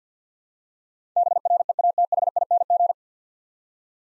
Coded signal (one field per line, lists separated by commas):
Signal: Morse code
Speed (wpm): 50 wpm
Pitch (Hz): 700 Hz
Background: none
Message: BREATHING